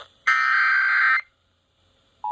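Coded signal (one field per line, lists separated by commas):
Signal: Emergency Alert System (SAME) tones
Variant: header bursts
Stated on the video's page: Pennsylvania Required Monthly Test alert tones aired on WRQI-FM and WTAE TV.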